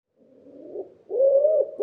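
Common Wood Pigeon cooing briefly: a faint, breathy low note, then a loud, sustained hollow coo.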